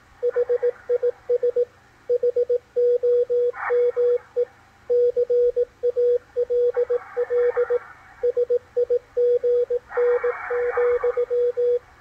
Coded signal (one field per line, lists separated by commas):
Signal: Morse code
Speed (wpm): 17 wpm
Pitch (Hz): 490 Hz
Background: radio noise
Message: HIS HOME CALL SIGN,